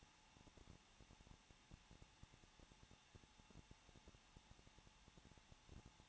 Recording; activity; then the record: daily activity, microphone in the room; no activity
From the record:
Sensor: 1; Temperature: 20.1 degrees Celsius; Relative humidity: 39.3%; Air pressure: 1006.4 hPa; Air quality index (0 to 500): 218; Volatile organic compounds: 80 ppm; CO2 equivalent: 3606 ppm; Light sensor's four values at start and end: 1/2/1/1 and 1/2/1/1